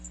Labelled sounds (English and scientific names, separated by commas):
Magnolia Warbler (Setophaga magnolia) flight call